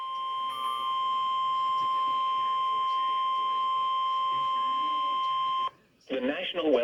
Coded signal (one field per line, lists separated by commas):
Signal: Emergency Alert System (SAME) tones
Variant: 1050 Hz attention tone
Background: speech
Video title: DTX'S FIRST TORNADO WARNING OF 2025 eas#7